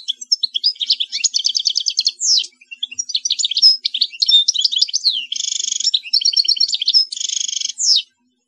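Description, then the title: European goldfinch song: lively, almost unbroken stream of high twittering notes, interrupted by nasal buzzy trills and rattles. "Chant Chardonneret"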